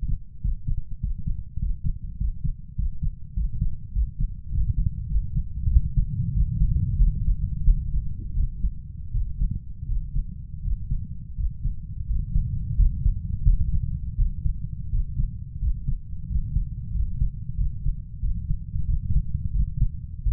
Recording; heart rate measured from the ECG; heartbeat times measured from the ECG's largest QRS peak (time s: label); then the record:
heart sounds by stethoscope; 91 bpm
0.43 s: heartbeat
1.02 s: heartbeat
1.61 s: heartbeat
2.20 s: heartbeat
2.78 s: heartbeat
3.36 s: heartbeat
3.95 s: heartbeat
4.53 s: heartbeat
5.11 s: heartbeat
5.71 s: heartbeat
6.35 s: heartbeat
7.00 s: heartbeat
7.66 s: heartbeat
8.36 s: heartbeat
9.14 s: heartbeat
9.89 s: heartbeat
10.65 s: heartbeat
11.38 s: heartbeat
12.08 s: heartbeat
12.78 s: heartbeat
13.46 s: heartbeat
14.18 s: heartbeat
14.93 s: heartbeat
15.62 s: heartbeat
16.30 s: heartbeat
16.95 s: heartbeat
17.59 s: heartbeat
18.23 s: heartbeat
18.88 s: heartbeat
19.55 s: heartbeat
20.26 s: heartbeat
From the record:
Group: healthy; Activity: Valsalva maneuver 0-4 s, rest 4-20 s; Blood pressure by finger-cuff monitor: 149/87 mmHg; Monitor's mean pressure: 103 mmHg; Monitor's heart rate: 94 bpm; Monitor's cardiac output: 7.4 L/min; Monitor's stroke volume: 77 mL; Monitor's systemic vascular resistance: 1030 dyn s/cm5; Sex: male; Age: 21 years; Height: 175 cm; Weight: 72.6 kg